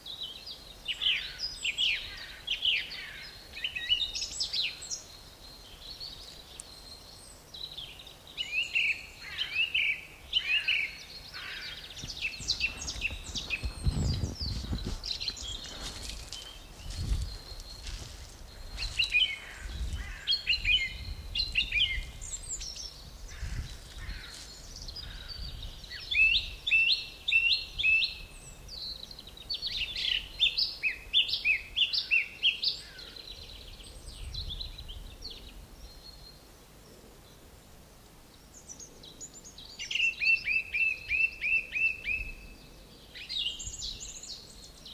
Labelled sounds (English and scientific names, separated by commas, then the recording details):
Song Thrush (Turdus philomelos) song
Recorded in the wild
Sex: male
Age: adult
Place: Buckow (Märkische Schweiz), Märkische Schweiz, Brandenburg, DE
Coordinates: 52.5678, 14.1197
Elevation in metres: 30
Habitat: forest
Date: 1988-04-16 10:11
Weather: sunny, above 8°C
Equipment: Sony WM-D6C, Sony ECM-939 LT, Kopie 19 cm
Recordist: Tembrock, Günter